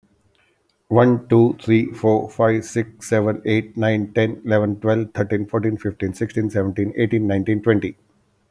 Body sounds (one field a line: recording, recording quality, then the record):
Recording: counting at a fast pace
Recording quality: excellent, no background noise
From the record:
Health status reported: healthy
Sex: male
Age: 54 years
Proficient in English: yes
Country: India